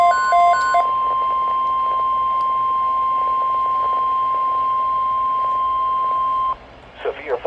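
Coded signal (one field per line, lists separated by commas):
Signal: Emergency Alert System (SAME) tones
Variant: 1050 Hz attention tone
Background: speech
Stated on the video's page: Severe thunderstorm watch for northwest Oregon and western Washington from the Storm Prediction Center, with valid EAS tones.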